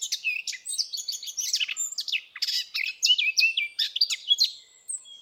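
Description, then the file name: Eurasian blackcap song, a fast warble of scratchy chattering notes mixed with brief clear whistles. "Sylvia atricapilla"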